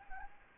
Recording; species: mosquito wingbeat signal from an infrared sensor; Anopheles arabiensis